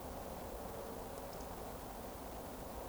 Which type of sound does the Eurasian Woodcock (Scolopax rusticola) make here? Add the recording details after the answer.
whistle. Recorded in Baden-Württemberg, Germany, on 24 June 2020 at 20:32 UTC. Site 14569, 102 m above sea level